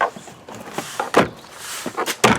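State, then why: Not seated. An interior door trim panel is handled against a Ram truck door after a mirror swap, before its plastic retaining clips are pressed in. Scattered knocks, scrapes and rustling bursts sound throughout, with sharp hits near 0.0 and 1.0 seconds and louder scuffs around 1.2 and 2.3 seconds. Nothing has seated or clicked into place yet.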